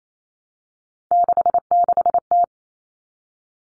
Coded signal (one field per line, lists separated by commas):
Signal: Morse code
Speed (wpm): 28 wpm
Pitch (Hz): 700 Hz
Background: none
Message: 66T